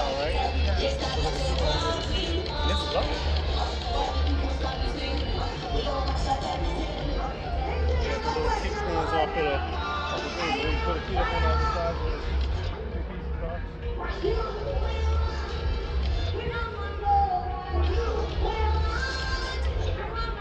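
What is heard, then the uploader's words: A reggae concert, with a heavy bass line thumping in a steady, regular pulse under dense music for the whole twenty seconds. Voices and crowd chatter sit over the top, and the sound stays loud throughout, thinning briefly around the thirteen-second mark. Summer 2022 Hartford Connecticut Reggae Concert. Enjoy the sounds from the park, including some motorcycle sounds and other things!!!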